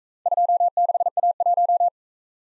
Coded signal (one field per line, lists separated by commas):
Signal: Morse code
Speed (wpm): 42 wpm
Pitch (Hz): 700 Hz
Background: none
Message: 26A1